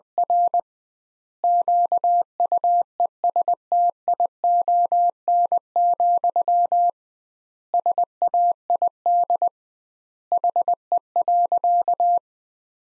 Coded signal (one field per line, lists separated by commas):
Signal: Morse code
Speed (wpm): 20 wpm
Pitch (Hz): 700 Hz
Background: none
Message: R QUESTION, SAID HE.